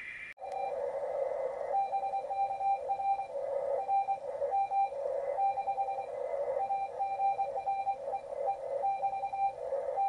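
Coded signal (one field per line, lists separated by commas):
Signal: RTTY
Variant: 45.5 baud, 170 Hz shift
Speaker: the tone pairs we can do is 170 Hertz shift 425 or 850 170 is used by hams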